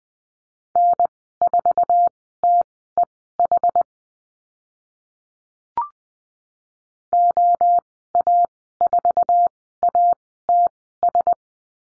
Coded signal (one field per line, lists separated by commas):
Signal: Morse code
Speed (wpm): 20 wpm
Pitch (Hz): 700 Hz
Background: none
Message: N4TEH OA4ATS